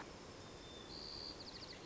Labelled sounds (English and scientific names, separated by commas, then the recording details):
White-crowned Sparrow (Zonotrichia leucophrys)
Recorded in Sonoma County, California